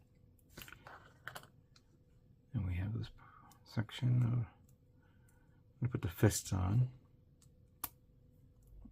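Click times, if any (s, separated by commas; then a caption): 7.8 s. A plastic fist is pressed onto the wrist joint of the arm frame of a 1/144 RG Wing Gundam model kit, with soft handling clicks near the start while someone talks. The fist seats with a single sharp snap at 7.8 s.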